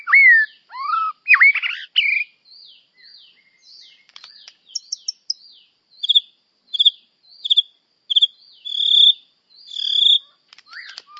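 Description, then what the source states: White-rumped shama song: rich whistled sweeps at first, then a long series of short high chips and whistles repeated at a steady pace. Champion bird; melodious song.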